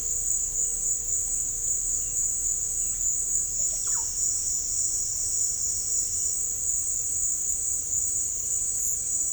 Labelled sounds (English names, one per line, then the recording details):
Russet-backed Oropendola
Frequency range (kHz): Russet-backed Oropendola 0.4-2.3 kHz
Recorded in pastures near Puerto Asís, Putumayo, Colombia, on 21 December 2024 at 16:30
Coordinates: 0.496, -76.326
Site G004